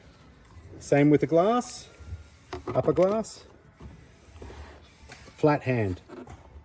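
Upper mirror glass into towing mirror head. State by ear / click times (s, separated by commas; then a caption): not seated / none. Someone talks while handling the upper mirror glass of a Clearview Next Gen towing mirror, preparing to push it with a flat hand onto its backing plate in the towing mirror head. Nothing has seated or clicked yet.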